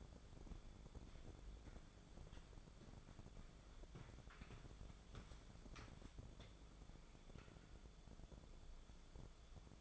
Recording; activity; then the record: daily activity, microphone in the room; walk to room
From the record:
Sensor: 5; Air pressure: 1010.5 hPa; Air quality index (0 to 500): 112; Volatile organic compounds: 2 ppm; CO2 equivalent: 1107 ppm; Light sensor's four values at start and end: 415/1088/446/515 and 423/1096/452/523